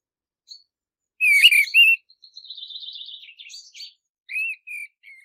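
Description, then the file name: Mistle thrush delivering a loud whistled phrase, then a softer twittering, warbled passage and a few brief whistled notes. "Canto do tordoveia"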